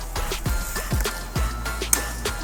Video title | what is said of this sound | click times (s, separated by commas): #CastheadsMagazine Review Desk Issue 1 | nice and hardy and love how the bonnet locks in place it's not loose fitting at all | 1.9 s